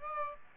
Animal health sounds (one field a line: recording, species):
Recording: mosquito wingbeat signal from an infrared sensor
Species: Aedes aegypti